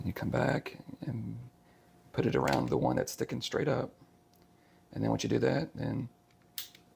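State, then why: Seated. Someone talks while a wooden round piece is placed around the upright post in the drum ammo loader of a wooden model gun. The wooden loader mechanism is then turned and gives a creaking mechanical click at 6.6 s, and the piece is seated.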